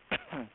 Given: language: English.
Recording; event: throat vibration sensor signal played as sound; cough